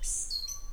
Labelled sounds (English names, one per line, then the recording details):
Stitchbird song
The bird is a male
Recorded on Tiritiri Matangi Island, New Zealand, in 2005
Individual 11, of nest box 13